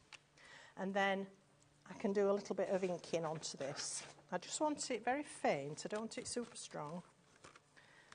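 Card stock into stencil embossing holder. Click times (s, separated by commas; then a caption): 0.1 s. Embossed card stock is pressed back into a stencil embossing holder and snaps into place with a sharp, short tick at 0.1 s, seating firmly. Someone then talks over quiet background handling sounds, with a few faint ticks near the end.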